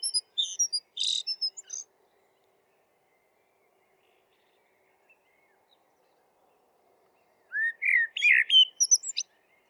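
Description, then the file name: Eurasian blackbird singing: a high scratchy twitter first, a long silence, then a mellow fluted phrase breaking into thin squeaky notes near the end. "merel zang"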